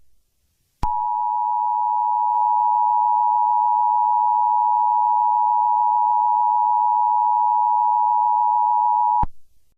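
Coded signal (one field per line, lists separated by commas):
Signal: Emergency Alert System (SAME) tones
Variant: 853 and 960 Hz attention tone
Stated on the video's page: Fictional EAS scenario.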